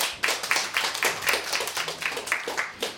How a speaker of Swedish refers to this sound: Vi har bra och härligt att vi har en massa publik här också. Var kommer ni från studiebesök från? Nacka, härligt. Ja, en applåd.